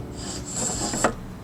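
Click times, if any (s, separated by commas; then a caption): none. A pole-operated roller shade headrail is handled against wall-mounted valance brackets, with the valance being hooked over the tops of the brackets before it is rotated down to lock. Soft rubbing and scraping sounds build up, with a brief louder swell just after 1.0 s. Nothing has seated or clicked into place yet.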